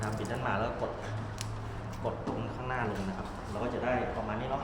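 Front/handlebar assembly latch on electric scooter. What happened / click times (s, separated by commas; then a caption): The part is handled but not yet latched / none. Someone talks while pressing down the front part of an NWOW GC10 electric scooter during assembly, working the front/handlebar assembly latch toward locking in, with a brief sharp sound near 1.4 s. Nothing has seated or clicked yet; the part is still being handled and is not home by the end.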